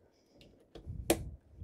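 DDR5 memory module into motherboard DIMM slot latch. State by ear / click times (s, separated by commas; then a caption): seated / 1.1 s. A DDR5 memory module is pushed down on its other side into a motherboard DIMM slot. After faint ticks and rustling, the slot latch pops in with a sharp click at 1.1 s. The module is seated, latched on both sides so it should not come out.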